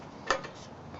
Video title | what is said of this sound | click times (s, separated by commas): BioLite Review | goes up the hole there pops into place there | 0.3 s